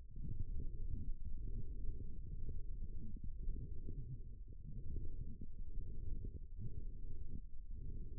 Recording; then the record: forearm muscle sounds (acoustic myography)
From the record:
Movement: forearm supination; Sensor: system 1, eight BSWA MPA416 microphones around the upper forearm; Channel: 3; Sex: female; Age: 21 years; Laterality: right